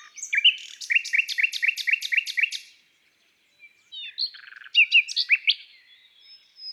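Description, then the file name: Common nightingale song: a steady series of about eight repeated chirping notes, a pause, then a jumbled phrase of whistles and quick notes. From an album of bird songs of woods and forests. "Rossignol philomele Chants doiseaux des bois et des forets"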